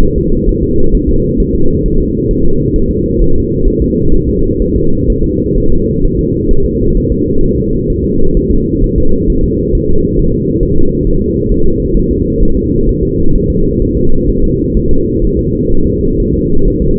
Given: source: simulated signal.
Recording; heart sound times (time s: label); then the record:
fetal heart sounds
0.03 s: S1
0.18 s: S2
0.49 s: S1
0.63 s: S2
0.94 s: S1
1.09 s: S2
1.40 s: S1
1.55 s: S2
1.86 s: S1
2.00 s: S2
2.31 s: S1
2.45 s: S2
2.76 s: S1
2.91 s: S2
3.22 s: S1
3.36 s: S2
3.67 s: S1
3.82 s: S2
4.14 s: S1
4.29 s: S2
4.62 s: S1
4.76 s: S2
5.10 s: S1
5.24 s: S2
5.58 s: S1
5.72 s: S2
6.05 s: S1
6.19 s: S2
6.51 s: S1
6.66 s: S2
6.97 s: S1
7.12 s: S2
7.44 s: S1
7.58 s: S2
7.90 s: S1
8.04 s: S2
8.37 s: S1
8.51 s: S2
8.84 s: S1
8.98 s: S2
9.30 s: S1
9.44 s: S2
9.75 s: S1
9.89 s: S2
10.19 s: S1
10.34 s: S2
10.63 s: S1
10.78 s: S2
11.07 s: S1
11.21 s: S2
11.52 s: S1
11.66 s: S2
11.97 s: S1
12.11 s: S2
12.43 s: S1
12.57 s: S2
12.89 s: S1
13.03 s: S2
13.36 s: S1
13.50 s: S2
13.82 s: S1
13.97 s: S2
14.29 s: S1
14.44 s: S2
14.77 s: S1
14.91 s: S2
15.24 s: S1
15.39 s: S2
15.72 s: S1
15.87 s: S2
16.20 s: S1
16.34 s: S2
16.68 s: S1
16.82 s: S2
From the record:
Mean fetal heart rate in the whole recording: 130 bpm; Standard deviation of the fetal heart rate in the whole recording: 4 bpm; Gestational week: 38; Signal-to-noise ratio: -19.1 dB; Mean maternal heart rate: 72 bpm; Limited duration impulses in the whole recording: present